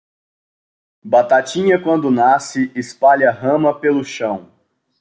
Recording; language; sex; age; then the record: short text; Brazilian Portuguese; male; 20 to 29 years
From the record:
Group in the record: control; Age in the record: 28 years